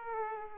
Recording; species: mosquito wingbeat signal from an infrared sensor; Aedes aegypti